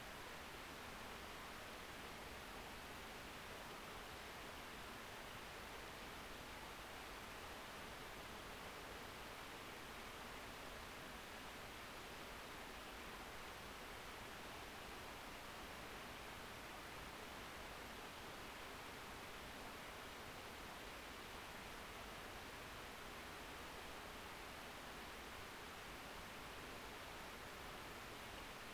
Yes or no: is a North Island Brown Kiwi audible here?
no